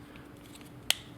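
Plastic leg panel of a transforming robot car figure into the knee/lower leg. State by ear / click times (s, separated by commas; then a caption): seated / 0.9 s. A plastic lower-leg panel of a transforming robot car figure is tabbed into the knee, and a piece next to the wheel is pressed so it locks into place, completing the lower leg. Two faint ticks at 0.2 s and 0.6 s are followed by one sharp, loud snap at 0.9 s as the piece seats.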